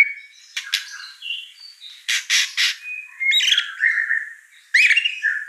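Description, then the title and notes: White-rumped shama song with scattered harsh chattering bursts, a few clear whistles and sliding notes, delivered unevenly with quieter stretches between. Lure song for white-rumped shama, described as energetic with a rich, varied repertoire. "Pancingan Gacor Murai Batu Bongkar Isian Mewah. Murai Batu Dongfeng"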